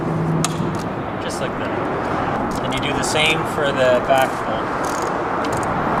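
A torque wrench set to 40 foot-pounds slowly tightens a frame slider bolt on a 2016 Yamaha FZ-07 motorcycle, part of a T Rex Racing protection kit. The wrench gives a sharp click at 0.4 s, showing the bolt has reached the set torque. Someone talks over steady background noise.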